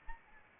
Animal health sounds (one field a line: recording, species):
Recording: mosquito wingbeat signal from an infrared sensor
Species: Anopheles arabiensis